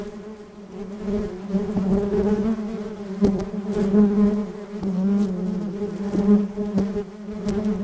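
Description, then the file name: Bees buzzing in a steady low hum with layered overtones, many wings droning together, swelling and fading, with scattered faint clicks and taps. "Wild bees"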